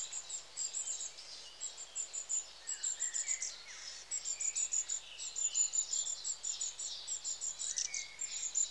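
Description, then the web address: Long-tailed tit calls: thin, very high-pitched trilled notes in rapid runs, mixed with short lower sliding chirps, over steady faint background hiss. "The BBC Sound Effects Library. Long Tailed TIT"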